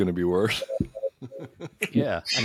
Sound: laughs